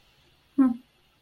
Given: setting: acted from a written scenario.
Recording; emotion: vocal sound without words; neutral